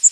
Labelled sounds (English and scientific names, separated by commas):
Yellow Warbler (Setophaga petechia) flight call